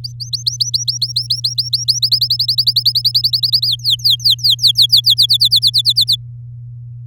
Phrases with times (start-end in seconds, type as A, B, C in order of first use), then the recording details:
0.04-1.99 A, 2.02-3.67 B, 3.68-5.26 C, 5.29-6.16 D. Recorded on 8 May 2018 at 10:32. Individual llb16